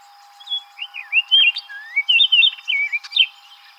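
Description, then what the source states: Orchard oriole song, a rapid, jumbled run of rich slurred whistles rising and falling, with sharp chattery notes mixed in, about three seconds long. Recorded on 7 July 2007.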